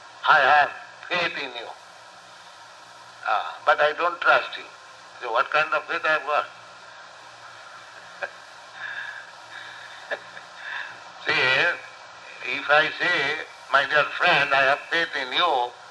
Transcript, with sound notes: "I have faith in you, but I don't trust you," what kind of faith I have got? [chuckles] If I say, "My dear friend, I have faith in you,"